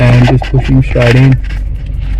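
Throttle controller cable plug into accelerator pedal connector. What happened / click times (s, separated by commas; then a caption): The connector is being pushed in but has not clicked home yet / none. Someone talks while a throttle controller's Ultimate 9 harness plug is pushed straight into the connector on top of an accelerator pedal assembly. The clip ends before the plug goes home, so nothing has clicked in or seated yet.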